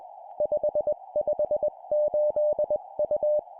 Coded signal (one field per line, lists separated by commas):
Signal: Morse code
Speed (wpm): 21 wpm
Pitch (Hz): 600 Hz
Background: none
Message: 558U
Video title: 20wpm Four letter words number,number,number,letter, cw morse code course